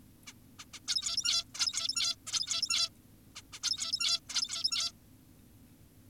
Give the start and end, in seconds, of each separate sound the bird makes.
0.27-0.33, 0.59-0.65, 0.74-0.80, 0.88-1.44, 1.55-2.16, 2.27-2.90, 3.36-3.42, 3.53-3.60, 3.63-4.20, 4.29-4.92